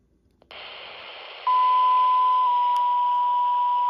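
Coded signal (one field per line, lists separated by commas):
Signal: pager alert tone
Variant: analog voice pager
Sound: radio hiss opens, then one steady mid-pitched beep that runs to the end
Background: radio static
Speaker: and it beep every few seconds say that as a page and then you hit the side here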